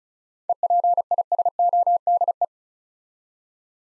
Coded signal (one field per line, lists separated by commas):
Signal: Morse code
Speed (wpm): 36 wpm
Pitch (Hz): 700 Hz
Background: none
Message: EPISODE